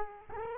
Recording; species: mosquito wingbeat signal from an infrared sensor; Culex quinquefasciatus